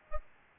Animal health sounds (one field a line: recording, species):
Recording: mosquito wingbeat signal from an infrared sensor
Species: Aedes albopictus